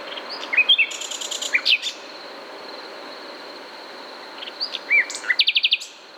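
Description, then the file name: Common nightingale song: quick varied notes, liquid whistles and clicks, then a fast repeated trill, with a continuous high insect-like drone in the background. "Luscinia megarhynchos"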